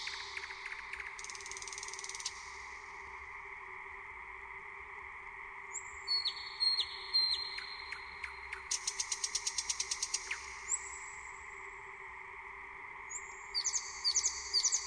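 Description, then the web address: Bird song in scattered bursts: thin high whistled notes, a quick run of sharp ticking notes near the middle, more bright chirps at the end, over a steady hum. A strange trill in a deep green forest. "zvuk na cudna trelicka v zelena dlboka gora"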